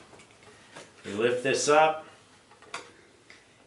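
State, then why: Seated. Someone talks as a cardboard panel of a counter book display box is lifted and its tab is slid into the slot on the other side. The tab clicks in at 2.7 s, with fainter ticks around it, and it is seated.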